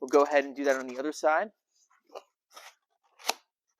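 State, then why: Seated. A person talks, then the rollover panel of a folding paperboard retail box is folded down on its second side and pushed until its locking tab engages in the base. Faint rustles follow at about 2.2 s and 2.6 s, then a sharp snap at 3.3 s as the tab locks into place.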